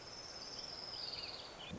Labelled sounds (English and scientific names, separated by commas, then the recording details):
Orange-crowned Warbler (Leiothlypis celata)
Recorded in Sonoma County, California